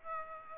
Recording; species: mosquito wingbeat signal from an infrared sensor; Aedes aegypti